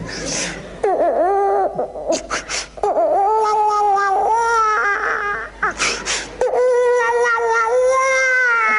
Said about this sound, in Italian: E l'ultimo, che era di 3 mesi. Piangeva e non ci faceva dormire. Senti come piangeva. Cominciava così.